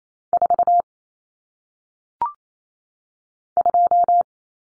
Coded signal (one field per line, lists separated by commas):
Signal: Morse code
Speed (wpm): 28 wpm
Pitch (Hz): 700 Hz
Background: none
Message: 4 2